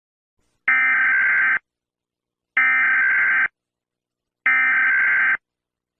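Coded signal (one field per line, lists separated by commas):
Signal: Emergency Alert System (SAME) tones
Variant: header bursts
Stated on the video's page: Fictional analog horror alert scenario that may contain valid EAS tones.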